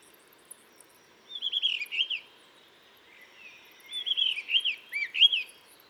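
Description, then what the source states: Blue rock thrush song: two melodious phrases of warbled, swooping whistles, the second longer, over quiet hiss. On a cliff in the Dentelles de Montmirail, 12 March 2020, 7:25; sings all morning to mark territory, changing perches; Nagra seven with Telinga pro7.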